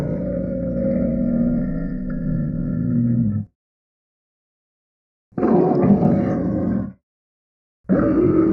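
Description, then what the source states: Tiger growling roar: a long, deep, rough rumble of about three seconds, then two shorter harsh bursts after clean silent gaps. Described as a wild tiger, roaring and growling.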